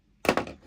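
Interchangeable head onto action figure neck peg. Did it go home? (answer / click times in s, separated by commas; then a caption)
no / none. An interchangeable plastic head is pushed onto an action figure's neck peg, and a sharp thunk at about 0.3 s is followed by a second knock near 0.4 s and a fainter one near 0.5 s. The head does not click down on the peg despite the force and pops right back off, so nothing has seated or clicked.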